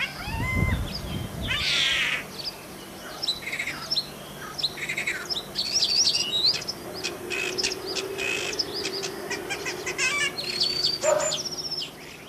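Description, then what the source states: Common starling song full of mimicry: a rapid jumble of varied chirps, clicks and whistles. Song imitating various animals; listeners picked out a dog, a frog, a chicken and a cat.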